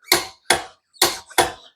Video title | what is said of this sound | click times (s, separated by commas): How to Change a Flat Tire Step by Step - Beginner DIY Guide | still more and now you hear the click | 0.5 s